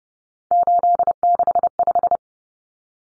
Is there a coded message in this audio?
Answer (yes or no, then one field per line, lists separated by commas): yes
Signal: Morse code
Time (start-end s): 0.5-2.2 s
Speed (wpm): 30 wpm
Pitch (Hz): 700 Hz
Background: none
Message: 865